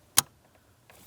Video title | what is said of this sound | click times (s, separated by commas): How to Replace Brake Light Switch 2007-2014 GMC Sierra 2500 HD | After our audible click, a light tug. | 0.2 s